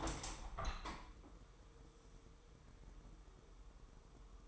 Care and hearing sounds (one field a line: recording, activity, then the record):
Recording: daily activity, microphone in the room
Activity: open window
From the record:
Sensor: 1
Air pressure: 999.9 hPa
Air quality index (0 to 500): 236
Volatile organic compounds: 105 ppm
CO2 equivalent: 3788 ppm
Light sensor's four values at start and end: 10/25/10/11 and 11/27/11/12